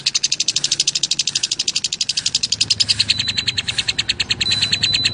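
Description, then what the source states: Lovebird chattering nonstop in a rapid, buzzy, high-pitched rattle of evenly repeated notes. Described as konslet.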